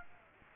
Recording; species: mosquito wingbeat signal from an infrared sensor; Aedes aegypti